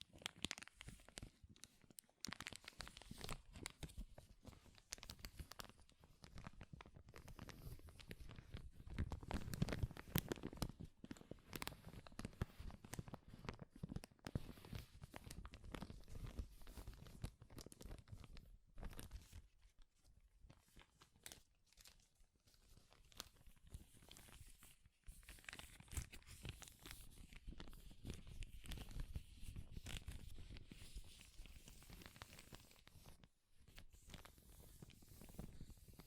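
Powerful crinkling fills the whole stretch, a dense run of crackling, snapping bursts with no real pauses. The loudest, fullest crumpling comes around ten seconds and again near thirty, with brief near-silent gaps around two, twenty and thirty-three seconds.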